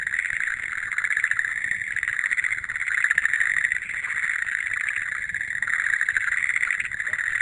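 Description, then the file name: Massed frogs give overlapping rattling trills, a constant buzzing chorus with gentle rises and falls in loudness. "kaeru"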